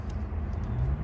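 A driver-side tuner wiring harness plug for an Infiniti Q60 is handled at the factory engine sensor connector, with steady low rumbling and no distinct snap. Nothing has seated or clicked yet.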